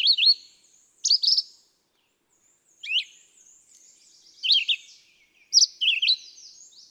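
Red-eyed vireo song: short slurred whistled phrases separated by pauses of about a second.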